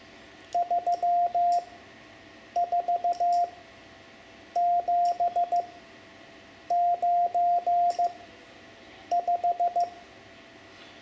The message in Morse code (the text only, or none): 34795